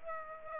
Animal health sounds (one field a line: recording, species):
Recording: mosquito wingbeat signal from an infrared sensor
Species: Aedes aegypti